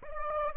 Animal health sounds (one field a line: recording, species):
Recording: mosquito wingbeat signal from an infrared sensor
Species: Aedes aegypti